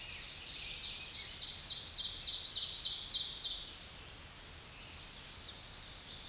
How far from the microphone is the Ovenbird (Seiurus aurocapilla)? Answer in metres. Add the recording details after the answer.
about 30 m. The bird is about 10 m above the microphone. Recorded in a Pennsylvania forest on 16 May 2024 at 07:11. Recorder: AudioMoth, point MSD-2146. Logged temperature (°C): 16.7 °C. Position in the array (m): 147 m, 6 m